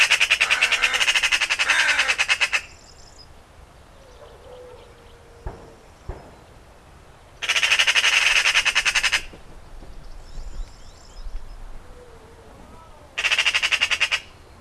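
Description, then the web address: Eurasian Magpie harsh rapid chattering in three separate bursts, with faint thin tonal notes in the quieter gaps. "Ocells Cultura Urraca común"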